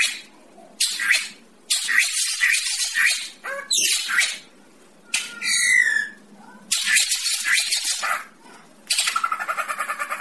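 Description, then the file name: Greater racket-tailed drongo song of harsh rasping bursts, a descending series of whistled notes, and a final quick buzzy rattle. "tieng cheo beo duoi co hot"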